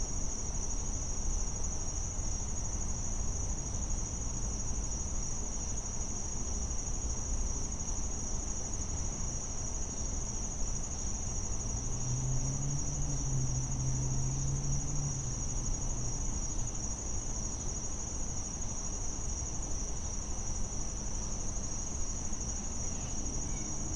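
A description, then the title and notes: A back yard hums with a steady, high, unbroken insect drone, likely crickets, that holds level for the whole stretch. Underneath sits a low rumble, and from about twelve to sixteen seconds an engine-like tone rises and fades. The sounds of a back yard on a Saturday in August.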